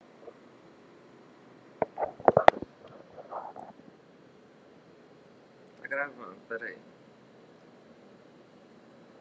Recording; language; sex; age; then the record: spoken sentence; Brazilian Portuguese; male; 50 to 59 years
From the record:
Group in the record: control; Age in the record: 58 years